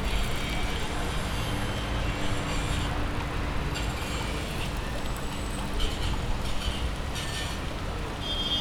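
A steady wash of off-peak street traffic, with cars rumbling past in a continuous low roar, car horns and roadworks, and a few faint higher tones flickering above the noise, no voices standing out.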